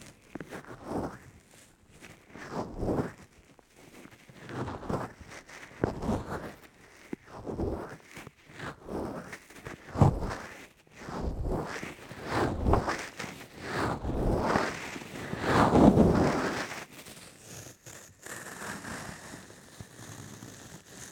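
Muffled ear rubbing and cupping, with soft swishing strokes arriving about once a second, each swelling and fading. The strokes are mostly low and dull with a light hiss on top, growing louder toward the sixteen-second mark before easing off near the end.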